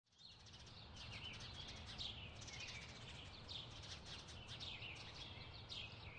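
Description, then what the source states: Birds: bird chirps fade in and continue as a busy twittering chorus, partly masked by a strong low rumbling noise. Bird chirping ambience.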